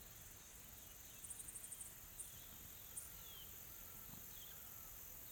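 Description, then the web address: Insects drone on a high steady pitch, with a quick series of rapid ticks and a couple of isolated clicks, faint bird notes behind. Calm tropical forest ambience in South Africa with soft insects calling. "Sonniss com - GDC 2020-Game Audio Bundle Smart Sound FX - Nature South Africa AMBIENCE Additional Tropical Forest Soft Insects Calm"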